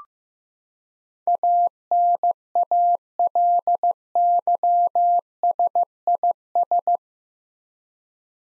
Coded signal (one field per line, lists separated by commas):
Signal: Morse code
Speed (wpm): 15 wpm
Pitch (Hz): 700 Hz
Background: none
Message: ANALYSIS